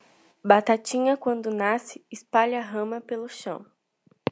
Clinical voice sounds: short text; Brazilian Portuguese; female; 20 to 29 years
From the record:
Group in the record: control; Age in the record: 22 years

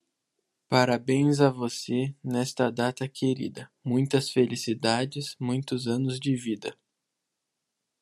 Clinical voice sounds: short text; Brazilian Portuguese; male; 20 to 29 years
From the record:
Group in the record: control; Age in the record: 21 years

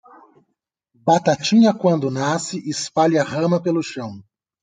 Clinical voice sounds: short text; Brazilian Portuguese; male; 30 to 39 years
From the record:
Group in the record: control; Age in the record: 37 years

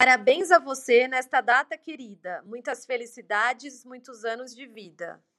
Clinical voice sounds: short text; Brazilian Portuguese; female; 30 to 39 years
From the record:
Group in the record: control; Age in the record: 34 years

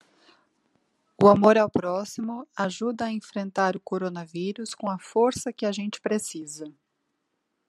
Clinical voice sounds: spoken sentence; Brazilian Portuguese; female; 30 to 39 years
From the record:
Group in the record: control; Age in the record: 38 years

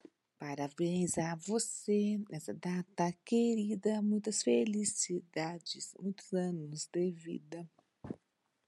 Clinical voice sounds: short text; Brazilian Portuguese; female; 50 to 59 years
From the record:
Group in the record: control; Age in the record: 51 years

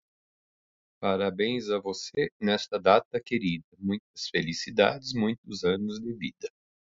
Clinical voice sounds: short text; Brazilian Portuguese; female; 20 to 29 years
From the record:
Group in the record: control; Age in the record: 28 years

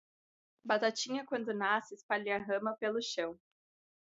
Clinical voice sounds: short text; Brazilian Portuguese; female; 20 to 29 years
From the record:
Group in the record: control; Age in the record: 23 years

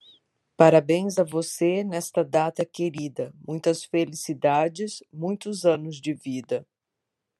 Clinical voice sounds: short text; Brazilian Portuguese; female; 50 to 59 years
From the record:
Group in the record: control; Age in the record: 50 years

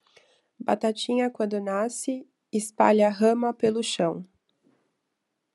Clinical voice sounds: short text; Brazilian Portuguese; female; 30 to 39 years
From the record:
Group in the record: control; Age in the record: 33 years

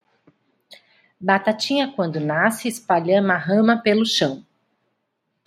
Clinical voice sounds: short text; Brazilian Portuguese; female; 40 to 49 years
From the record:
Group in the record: control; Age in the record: 44 years

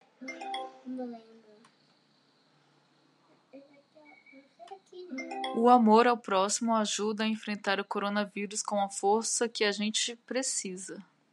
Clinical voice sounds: spoken sentence; Brazilian Portuguese; female; 30 to 39 years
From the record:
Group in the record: control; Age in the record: 38 years

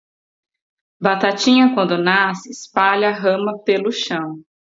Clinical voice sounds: short text; Brazilian Portuguese; female; 30 to 39 years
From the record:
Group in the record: control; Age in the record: 33 years

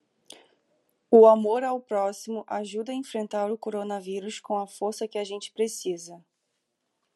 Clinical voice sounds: spoken sentence; Brazilian Portuguese; female; 30 to 39 years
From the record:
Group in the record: control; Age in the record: 32 years

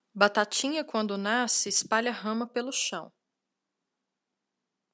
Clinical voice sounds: short text; Brazilian Portuguese; female; 20 to 29 years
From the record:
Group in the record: control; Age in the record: 29 years

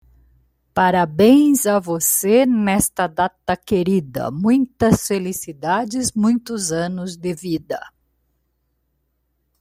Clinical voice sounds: short text; Brazilian Portuguese; female; 60 to 69 years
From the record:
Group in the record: control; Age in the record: 62 years

